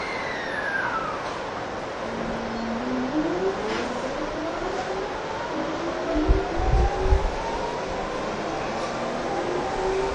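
A Saikyo Line rapid train runs along with a steady rushing roar filling the whole ten seconds. Thin whining tones glide downward early, then climb slowly from about two seconds onward as the motor speeds up. A few low thumps cluster around six to seven seconds.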